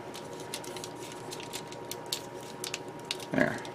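A plastic part of a 1/100 Master Grade ZZ Gundam Ver Ka model kit is maneuvered by hand toward its spot in the transformable mecha assembly, producing faint, scattered plastic ticks and taps over a steady low hum, with a slightly louder rustle near the end. Nothing has seated or clicked yet; the clip ends just before the part goes home.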